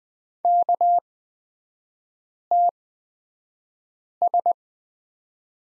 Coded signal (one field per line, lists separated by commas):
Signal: Morse code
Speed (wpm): 20 wpm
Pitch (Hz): 700 Hz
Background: none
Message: KTS